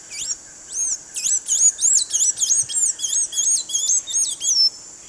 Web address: Natures Songs S America Eastern Lowlands. Thraupis episcopus, song